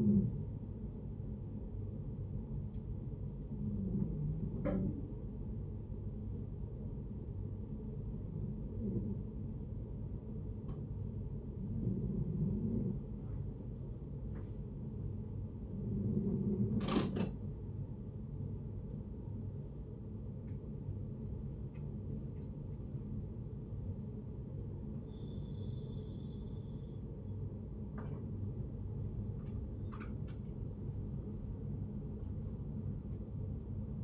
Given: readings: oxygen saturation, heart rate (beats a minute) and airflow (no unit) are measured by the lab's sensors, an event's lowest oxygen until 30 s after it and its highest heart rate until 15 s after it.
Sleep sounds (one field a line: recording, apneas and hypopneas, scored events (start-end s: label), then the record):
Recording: breathing in sleep by a smartphone at the bedside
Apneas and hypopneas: 1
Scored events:
2.00-34.04 s: new sleep stage, N2 (light sleep)
6.00-19.10 s: hypopnea (N2, oxygen 91% highest, then 89% lowest, heart rate 67 at the start, 72 highest)
From the record:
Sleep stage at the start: N1 (lightest sleep)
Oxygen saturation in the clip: 89 to 92%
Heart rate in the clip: 60 to 72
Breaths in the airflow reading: 8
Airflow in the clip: -5.2 to 4.9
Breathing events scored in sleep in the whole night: 496 in 5.4 hours asleep